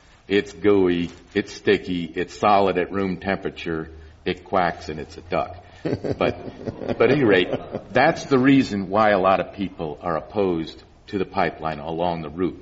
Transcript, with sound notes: it's gooey, it's sticky, it's solid at room temperature. It quacks and it's a duck.
[Laughter]
But at any rate, that's the reason why a lot of people are opposed to the pipeline along the route.